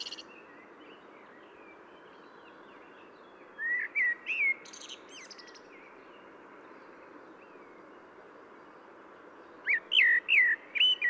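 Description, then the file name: Common blackbird: two bursts of whistled notes separated by several seconds of steady background hiss. "Turdus merula"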